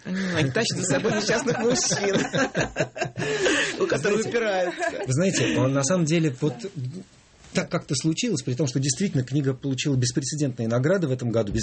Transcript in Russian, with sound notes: Они тащят за собой несчастных мужчин. (смех) Которые упираются.
Вы знаете, вот на самом деле вот так как-то так случилось, при том, что действительно книга получила беспрецедентные награды в этом году…